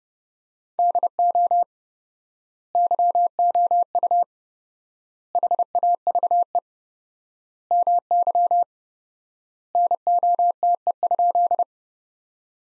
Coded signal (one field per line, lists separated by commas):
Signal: Morse code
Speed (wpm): 30 wpm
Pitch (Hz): 700 Hz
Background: none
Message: DO YOU HAVE MY NOTE?